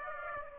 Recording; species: mosquito wingbeat signal from an infrared sensor; Aedes aegypti